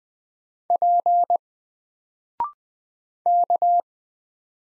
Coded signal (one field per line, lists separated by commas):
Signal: Morse code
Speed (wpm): 20 wpm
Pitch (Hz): 700 Hz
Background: none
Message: P K